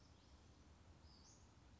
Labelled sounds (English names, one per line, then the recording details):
Western Flycatcher
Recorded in Sonoma County, California